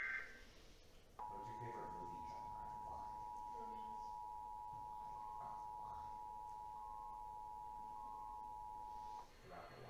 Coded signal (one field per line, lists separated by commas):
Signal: Emergency Alert System (SAME) tones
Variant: 853 and 960 Hz attention tone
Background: speech